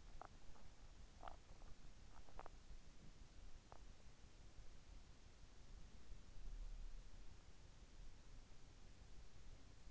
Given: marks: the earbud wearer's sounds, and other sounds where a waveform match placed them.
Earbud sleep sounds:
sounds in sleep by an in-ear microphone; teeth grinding
0.00-3.99 s: teeth grinding

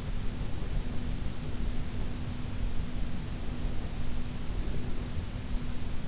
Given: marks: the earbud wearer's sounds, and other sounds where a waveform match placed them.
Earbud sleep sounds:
sounds in sleep by an in-ear microphone; breath
0.14-2.28 s: breath
3.38-5.38 s: breath

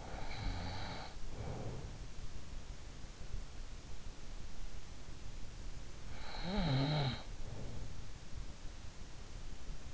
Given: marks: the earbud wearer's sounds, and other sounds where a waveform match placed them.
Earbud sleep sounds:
sounds in sleep by an in-ear microphone; snoring breath
0.00-1.99 s: snoring breath
6.30-7.83 s: snoring breath

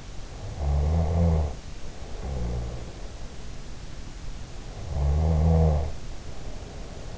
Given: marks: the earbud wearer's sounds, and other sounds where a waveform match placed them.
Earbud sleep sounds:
sounds in sleep by an in-ear microphone; snoring breath
0.24-2.86 s: snoring breath
4.80-7.18 s: snoring breath

